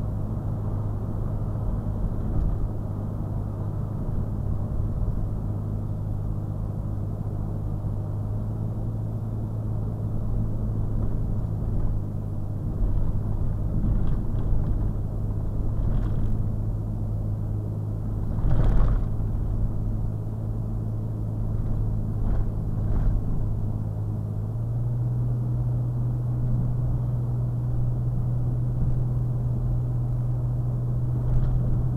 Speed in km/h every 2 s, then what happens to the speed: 69, 66, 64, 64, 64, 64, 63, 64, 61, 61, 61, 60, 61, 64, 64, 68.
0-24 steady at about 64. 24-32 speeds up to 68.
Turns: none.